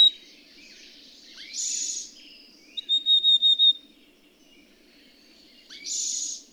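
Bird singing: a short harsh hiss, then a string of about six bright high whistled notes, and another hiss near the end, with faint chirps behind.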